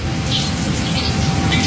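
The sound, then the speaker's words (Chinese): Meat sizzles steadily in a frying pan as it is fried first to render out the fat for old Beijing zhajiang sauce in the back kitchen of Lao She Teahouse, Beijing. A dense, continuous crackling hiss with tiny pops runs evenly through the whole moment, with no one speaking. “先煸那个肉， 先煸这肉。”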